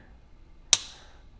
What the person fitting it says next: It's got a nice snap, as you can hear.